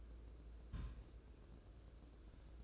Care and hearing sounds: daily activity, microphone in the room; place on stove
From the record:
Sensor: 2

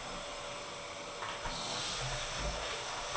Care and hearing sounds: daily activity, microphone in the room; vacuum cleaning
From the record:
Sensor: 5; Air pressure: 988.8 hPa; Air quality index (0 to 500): 236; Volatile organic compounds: 200 ppm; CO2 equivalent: 4213 ppm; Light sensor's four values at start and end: 39/122/47/50 and 39/122/47/50

